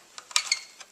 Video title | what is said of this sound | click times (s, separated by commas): Mirror Reassemble | so that this piece slid in between there and the housing that's all it was so it snapped in place | 0.4 s